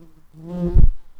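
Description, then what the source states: Red-tailed bumblebee buzzing, a low droning hum with stacked overtones that swells, then a short louder thump before it fades. Workers.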